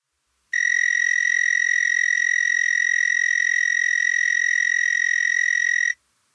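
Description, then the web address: Narrow-winged tree cricket song: one unbroken, high, evenly pulsed trill lasting about five seconds, starting and stopping abruptly. North America. "Songs of Insects. Narrow-winged Tree Cricket"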